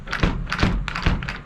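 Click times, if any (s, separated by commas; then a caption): none. A BAK X4S Revolver tonneau cover panel is pushed down onto the truck bed rail of a 2022 Nissan Frontier PRO-4X, giving a series of dull thuds and taps. The white clips underneath can't get low enough to engage and snap in place, so nothing has clicked or seated yet.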